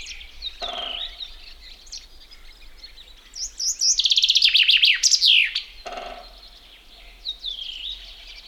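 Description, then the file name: Common chaffinch song: one bright, rapid descending trill of repeated notes ending in a sharp flourish, lasting about two and a half seconds, with other birds singing softly around it. "metsvint"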